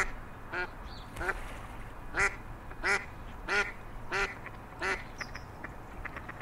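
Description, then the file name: Mallard quacking, a series of nasal quacks about every two-thirds of a second, some louder than others, with faint higher calls near the end and background hum. "mallard duck sound"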